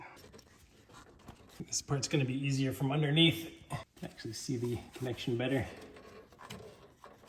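Someone talks while working from underneath a Porsche Cayman S 987, handling the plastic electrical connector of a replacement ignition coil in the engine bay to push it into the coil's socket. Only a few faint small taps sound under the voice, and nothing has seated or clicked yet.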